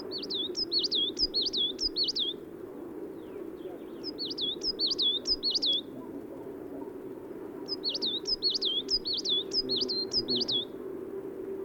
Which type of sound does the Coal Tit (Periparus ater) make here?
song